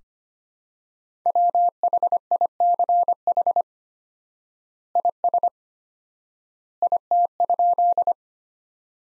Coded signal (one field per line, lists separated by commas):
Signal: Morse code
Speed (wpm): 25 wpm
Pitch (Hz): 700 Hz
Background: none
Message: WHICH IS IT?